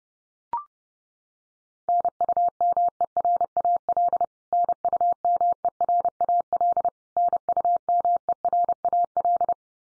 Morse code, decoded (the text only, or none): NUMERAL NUMERAL NUMERAL